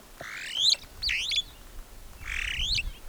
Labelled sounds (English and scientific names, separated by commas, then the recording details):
Superb Starling (Lamprotornis superbus) flight call
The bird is a female
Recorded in Kenya on 25 April 2009 at 08:32
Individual 101, of group SRB2